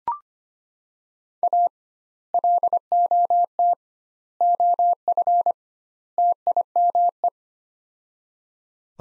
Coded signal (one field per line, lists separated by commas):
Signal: Morse code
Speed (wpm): 25 wpm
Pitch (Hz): 700 Hz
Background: none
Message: A LOT OF TIME